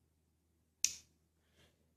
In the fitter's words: here and it if you hear the snap it